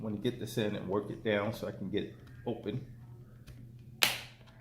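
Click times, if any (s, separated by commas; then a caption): 4.0 s. A pry tool is worked into the seam of the plastic bottom cover of an Acer Predator gaming laptop while someone talks, then pushed down. At 4.0 s a retaining clip on the laptop chassis lets go with a sharp snap, and the bottom cover clip pops open.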